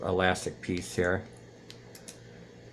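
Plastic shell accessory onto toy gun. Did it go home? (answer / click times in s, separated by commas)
no / none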